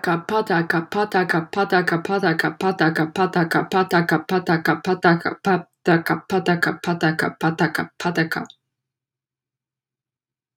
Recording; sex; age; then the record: repeated syllables /pa ta ka/; female; 20 to 29 years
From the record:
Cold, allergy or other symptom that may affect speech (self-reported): no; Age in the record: 25 years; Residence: Texas, United States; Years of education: 16